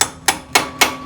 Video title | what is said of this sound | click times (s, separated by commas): PASANG NOKEN AS EDO E2… TENAGA TAMBAH NGISI TAPI SUARA KEMLITIKKK…. | Bunyi klik menandakan bahwa baut sudah terpasang dengan benar. | 0.0 s, 0.3 s, 0.6 s, 0.8 s